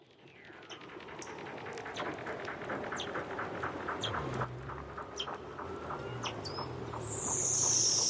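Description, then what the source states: Weddell seal calls: rapid, evenly spaced chirping pulses under a long, slowly falling whistle, with a bright hiss sweeping downward at the end. Weddell seals in the Antarctic making a range of strange, techno-like sounds; recording played back, described as out of this world.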